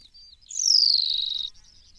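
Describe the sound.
New Zealand pipit giving a single drawn-out, buzzy call that drops steadily in pitch, with a faint high twitter before and after.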